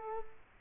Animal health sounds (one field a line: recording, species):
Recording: mosquito wingbeat signal from an infrared sensor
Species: Culex quinquefasciatus